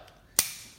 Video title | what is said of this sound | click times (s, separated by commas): Windshield Wiper Replacement Toyota Sienna | put the cap down until it snaps into place | 0.4 s